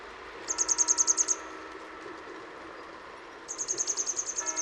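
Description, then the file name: Grey wagtail calls in two rapid trills of sharp, high, clipped notes, with a low hum and steady tones beneath. In Utrecht. "Grote gele kwikstaart in Utrecht - Sound Cloud - luc de bruijn"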